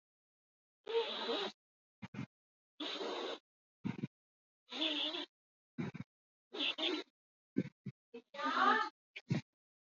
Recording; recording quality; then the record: deep breathing; excellent, no background noise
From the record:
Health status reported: exposed to COVID-19, no respiratory illness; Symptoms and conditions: cold, sore throat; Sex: male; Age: 33 years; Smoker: not ticked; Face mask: not worn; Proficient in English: yes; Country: India